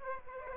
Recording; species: mosquito wingbeat signal from an infrared sensor; Aedes aegypti